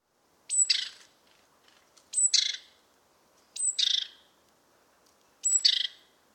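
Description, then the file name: Great tit calls: four sharp notes, each a thin high whistle dropping into a buzzy, scratchy burst, repeated about every one and a half seconds. "Parus major"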